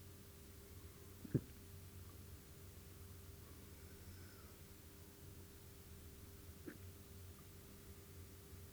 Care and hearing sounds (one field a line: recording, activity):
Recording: daily activity, guitar pickup as the sensor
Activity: drink water